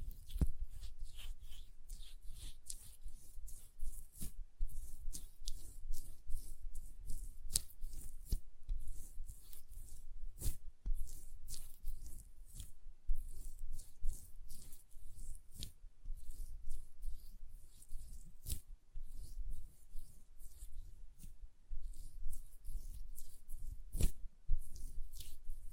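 Hand sounds with nail tapping: sharp, bright clicks land irregularly every second or so over soft rubbing and a low rumble throughout.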